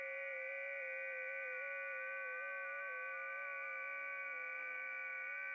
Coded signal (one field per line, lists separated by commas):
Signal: FT8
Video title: RDX3CW - SWL on 10.136 MHz FT8 [2 HOURS]